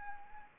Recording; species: mosquito wingbeat signal from an infrared sensor; Anopheles arabiensis